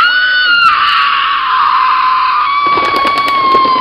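A woman lets out a long, loud, terrified scream, high-pitched and unbroken. It dips slightly in pitch early on, and rough crackling noise joins it toward the end.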